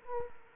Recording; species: mosquito wingbeat signal from an infrared sensor; Culex quinquefasciatus